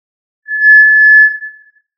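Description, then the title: Tinamou: a single long, pure tinamou whistle, held steady for over a second before fading, in a silent background. "Familia Tinamidae - Quail - Puyuh"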